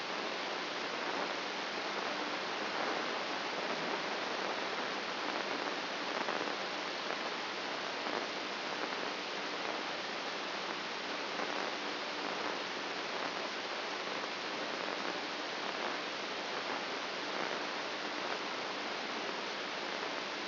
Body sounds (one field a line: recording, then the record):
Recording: brain microelectrode recording played as sound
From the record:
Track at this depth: outside the subthalamic nucleus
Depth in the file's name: 8.828 mm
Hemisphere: left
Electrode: 3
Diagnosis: Parkinson's disease